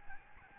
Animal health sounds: mosquito wingbeat signal from an infrared sensor; Aedes albopictus

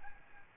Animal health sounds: mosquito wingbeat signal from an infrared sensor; Aedes albopictus

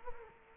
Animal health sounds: mosquito wingbeat signal from an infrared sensor; Culex quinquefasciatus

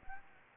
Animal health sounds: mosquito wingbeat signal from an infrared sensor; Anopheles gambiae

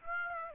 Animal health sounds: mosquito wingbeat signal from an infrared sensor; Aedes aegypti

